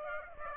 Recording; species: mosquito wingbeat signal from an infrared sensor; Aedes aegypti